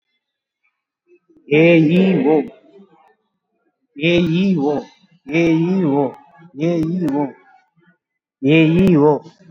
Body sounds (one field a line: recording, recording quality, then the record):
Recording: sustained vowel as in made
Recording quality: poor, much background noise or distortion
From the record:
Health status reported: COVID-19 positive, mild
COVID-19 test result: positive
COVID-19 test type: RT-PCR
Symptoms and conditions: cough, cold, breathing difficulty, fever, fatigue, loss of smell and taste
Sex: male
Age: 35 years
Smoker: no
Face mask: worn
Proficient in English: yes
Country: India